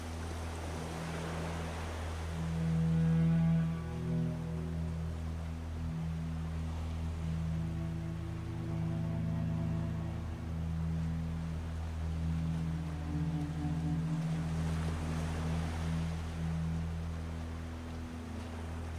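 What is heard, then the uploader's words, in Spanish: Slow cello music plays long, sustained low notes that shift to new pitches every few seconds, loudest near the three-second mark. Beneath it, sea sounds keep a steady low rumble, with hissing waves swelling up around two and fifteen seconds. Cello by the sea. Muscia de cello con sonidos del mar.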